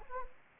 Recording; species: mosquito wingbeat signal from an infrared sensor; Anopheles gambiae